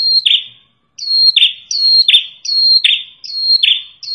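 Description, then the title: Prinia giving quick repeated calls, a bright high whistle dropping into a harsh buzzy note, several in a row with short gaps. Red-headed prenjak lure sound used for trapping birds. "Suara Pikat Prenjak Kepala Merah Asli Merdu"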